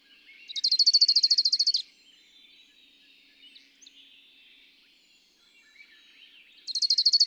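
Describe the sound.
Bird song: a bright, quick trill of many identical high notes, about one second long, then quiet background twitters before the same trill begins again.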